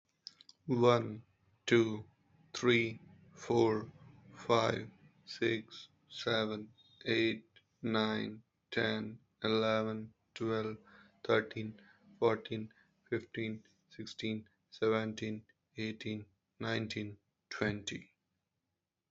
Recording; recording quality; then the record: counting at a normal pace; excellent, no background noise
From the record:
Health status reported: exposed to COVID-19, no respiratory illness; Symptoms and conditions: none ticked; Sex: male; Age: 36 years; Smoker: yes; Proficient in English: yes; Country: India